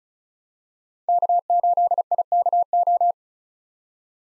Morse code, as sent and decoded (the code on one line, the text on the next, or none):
-.- ---.. .. -.- ---
K8IKO